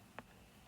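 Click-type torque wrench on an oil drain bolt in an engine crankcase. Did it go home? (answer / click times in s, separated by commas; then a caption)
yes / 0.2 s. A click-type torque wrench set to 18 ft-lb tightens the oil drain bolt in the engine crankcase of a Honda Pioneer 700 UTV. The wrench gives a sharp click at 0.2 s, followed by a fainter tick near 0.7 s, showing the bolt has reached the set torque.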